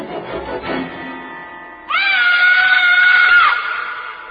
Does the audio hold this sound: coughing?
no